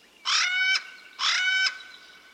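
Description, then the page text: Hawaiian Crow calls: two loud, nasal, harmonic calls, each about half a second long and ending abruptly, separated by a brief pause. Extinct in the wild; the hō'awa plant was a favorite food of this crow. "BirdNote Daily Podcast - David Shepard and the 'Alala"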